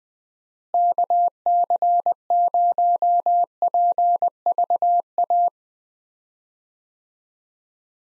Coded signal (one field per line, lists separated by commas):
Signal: Morse code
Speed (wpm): 20 wpm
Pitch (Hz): 700 Hz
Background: none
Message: KC0PVA